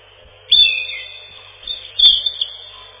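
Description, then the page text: European robin song: two short phrases of high, fast, trilling notes, about a second and a half apart, over a faint steady hiss. Song described as a loud ringing trill. "Зарянка, или реполов, или малиновка - Erithacus rubecula"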